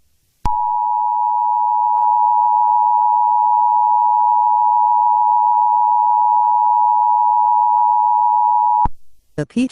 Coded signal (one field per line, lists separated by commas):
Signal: Emergency Alert System (SAME) tones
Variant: 853 and 960 Hz attention tone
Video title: EAS #4 Pichu Emergency (AGAIN) (REAL)